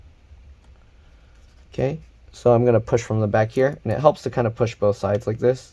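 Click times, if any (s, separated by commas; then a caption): none. An M.2 SSD sits angled and lined up in the motherboard slot of an ASUS ROG Zephyrus GU502L laptop, a slot that supports PCIe and SATA drives, before being pushed home from the back on both sides. After a quiet start, someone talks from about 1.7 s to the end. The SSD has not seated or clicked yet.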